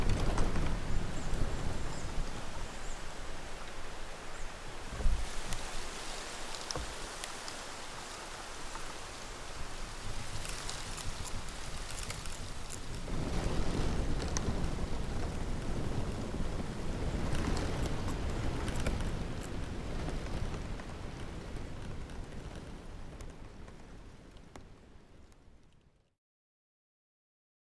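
Bamboo sways in the wind with a steady, dense rustle and low gusting rumble throughout. Sharper knocks and creaks break through around five seconds and again near thirteen and eighteen seconds. The sound thins gradually and cuts off at about twenty-six seconds.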